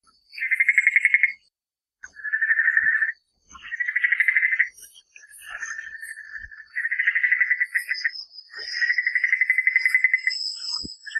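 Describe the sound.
Amphibian call: a series of rapid pulsed trills, each about a second long, repeated with brief gaps, and faint higher chirping above them.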